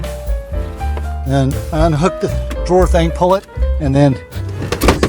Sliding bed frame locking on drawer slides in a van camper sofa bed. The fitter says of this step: snaps into place